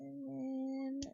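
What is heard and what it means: A plastic hip armor piece is handled and pressed toward the waist of a Gundam model kit while someone talks in a drawn-out voice. A brief burst of handling noise comes near 1.0 s before the sound fades. Nothing has seated or clicked yet.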